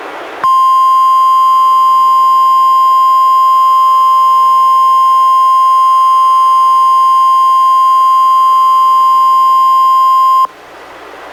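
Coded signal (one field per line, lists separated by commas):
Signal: Emergency Alert System (SAME) tones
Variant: 1050 Hz attention tone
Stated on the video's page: Required weekly test issued by NWS Portland, relayed by NOAA Weather Radio station in Astoria, received on a Reecom R-1630 weather radio, audio recorded directly via USB.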